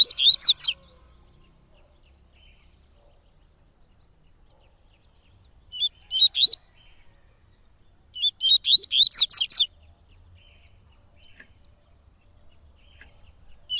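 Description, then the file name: Yellow-bellied seedeater singing short bursts of bright, slurred notes: three phrases separated by pauses, with a fourth just starting at the end. "canto de coleiro baiano"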